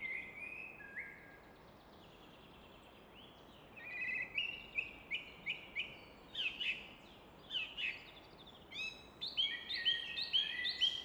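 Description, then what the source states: Common nightingale song: a few whistled notes, a pause, then a long run of loud, rhythmically repeated chirping notes building into rapid bright phrases, over steady rushing noise. Evening in Fläsch, Switzerland; rushing of the Rhine in the background reflected off a rock wall; recorded with Fostex FR2 and MKH 800.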